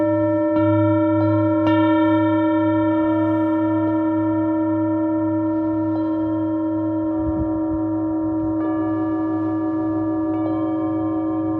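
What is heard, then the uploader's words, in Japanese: Singing bowls ring in long sustained overlapping tones, with soft new strikes near one, two, three, seven and nine seconds, under a steady low hum. メキシコから シンギングボウルのサウンドヒーリング ライブ。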